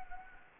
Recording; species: mosquito wingbeat signal from an infrared sensor; Anopheles gambiae